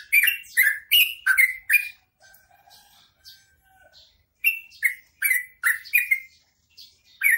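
Bird giving loud raspy chirps in quick series, a pause with faint soft whistled tones in the middle, then the rapid chirping resumes.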